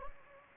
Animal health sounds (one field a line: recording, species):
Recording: mosquito wingbeat signal from an infrared sensor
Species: Anopheles gambiae